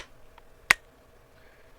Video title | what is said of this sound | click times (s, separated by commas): Graphics Card Nightmares: The Ultimate Day of Judgment! Ep. 96 | got a lock system on it hear that click | 0.7 s